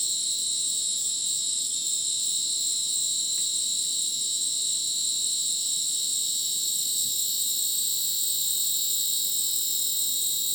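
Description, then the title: Continuous cricket chorus of stacked piercing tones, unchanging for the whole stretch. Dense insect chorus like a polyrhythmic electronic concert, Madidi National Park, Ucumari, Bolivia; rainforest after sunset; AT BP4029 microphone, MixPre 6 recorder. "Madidi National Park, Ucumari, Bolivia - Supersonic Crickets in the rainforest"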